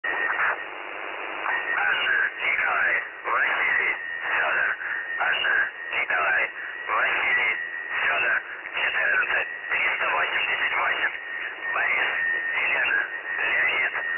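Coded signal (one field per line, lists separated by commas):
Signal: numbers station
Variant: UVB-76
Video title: The Buzzer/UVB-76 Voice Message (December 1, 2020 11:14 UTC)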